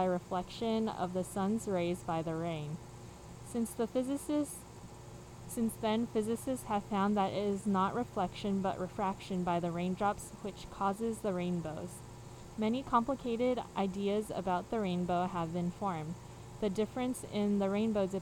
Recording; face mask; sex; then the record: reading aloud; surgical mask; female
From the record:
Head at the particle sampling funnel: facing it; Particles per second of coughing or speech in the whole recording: 0.0203